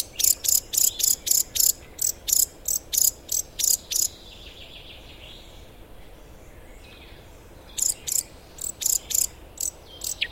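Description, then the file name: Eurasian blackcap giving hard, clicking tac calls in quick runs of about three per second, a pause of several seconds, then another rapid series. "Sylvia atricapilla"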